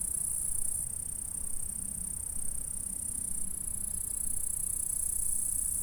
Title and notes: M3XG+CF Saint-François-de-Sales, France - insectes. Stridulations dans la prairie. Enregistreur ZoomH4 en 96khz 24bits